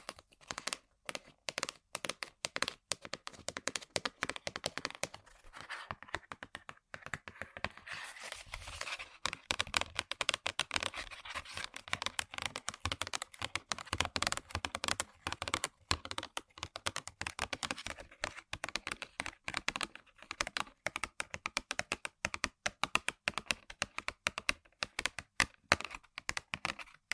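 Rapid tapping on random objects, a dense run of sharp, bright clicks that hardly pauses for the full length. Around the middle the taps blur into a smoother, scratchier stretch before the quick, uneven clicking resumes, sounding much like fast typing.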